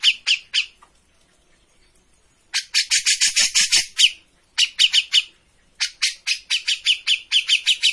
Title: Cucak Jenggot Gacor. Masteran burung cucak jenggot ! Suaka burung